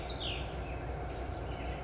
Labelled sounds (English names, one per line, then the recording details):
California Towhee
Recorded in Sonoma County, California